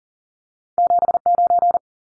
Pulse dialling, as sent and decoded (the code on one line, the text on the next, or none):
none